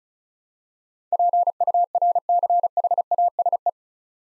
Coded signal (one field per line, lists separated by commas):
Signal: Morse code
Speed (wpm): 36 wpm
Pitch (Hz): 700 Hz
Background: none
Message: PURCHASE